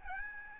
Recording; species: mosquito wingbeat signal from an infrared sensor; Aedes albopictus